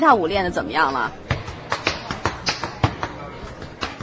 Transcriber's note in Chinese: Sound of tap dancing